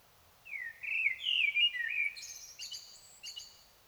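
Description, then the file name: Common blackbird song phrase: a slow, mellow fluting warble followed by several squeaky, high-pitched twittering notes. "Turdus merula"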